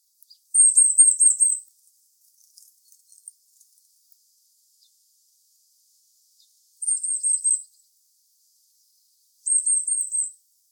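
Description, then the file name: Eurasian blue tit giving very high, thin, rapidly repeated notes in three short bursts about a second long, near the start, at seven seconds and at ten seconds; otherwise quiet. "Cyanistes caeruleus"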